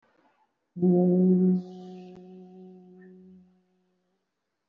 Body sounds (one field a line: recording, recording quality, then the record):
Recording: sustained vowel as in boot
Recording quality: excellent, no background noise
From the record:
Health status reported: respiratory illness, not identified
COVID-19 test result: negative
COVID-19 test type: RT-PCR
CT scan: not taken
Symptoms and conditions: cough, cold, breathing difficulty, fatigue, muscle pain, chronic lung disease, pneumonia, another respiratory illness, hypertension, another condition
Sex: male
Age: 64 years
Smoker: no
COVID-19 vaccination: both doses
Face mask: not worn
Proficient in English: yes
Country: India